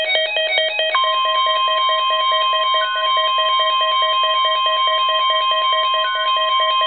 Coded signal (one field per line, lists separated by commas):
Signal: Emergency Alert System (SAME) tones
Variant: 1050 Hz attention tone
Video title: ((LOUD)) Required Weekly Test (RWT) on WNG689